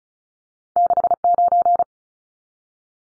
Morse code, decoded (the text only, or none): 69